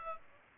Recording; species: mosquito wingbeat signal from an infrared sensor; Aedes aegypti